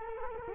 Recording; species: mosquito wingbeat signal from an infrared sensor; Culex quinquefasciatus